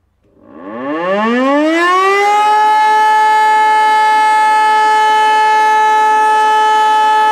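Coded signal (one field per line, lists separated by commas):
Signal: siren signal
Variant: E57 electromechanical siren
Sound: siren winds up over about 1.5 seconds, then holds one loud steady rich tone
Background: outdoor ambience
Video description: Die Aufnahme entstand beim monatlichen Probealarm der Feuerwehrsirenen in Rheinbach am 13. Februar 2021 um 11.30 Uhr mit dem Signal "Feueralarm".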